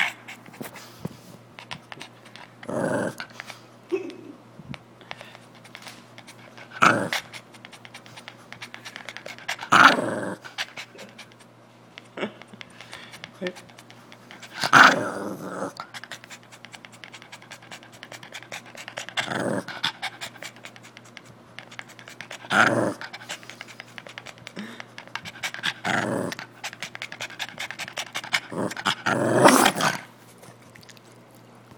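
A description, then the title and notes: A dog growls and huffs in short bursts, loud rough snarls arriving every few seconds, around 3, 7, 10, 15, 19, 23, 26 and 29 seconds. Between them come quieter panting breaths and small clicks over a steady low hum. Tucker Growling by MegRobertson.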